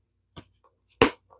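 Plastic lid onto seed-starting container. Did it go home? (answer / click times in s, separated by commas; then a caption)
yes / 1.0 s. A plastic lid is pressed down onto a seed-starting container until it snaps shut with a sharp click at 1.0 s, after a softer tap near 0.4 s. The lid had not been fully closed before because no snap had been heard, and now it is closed.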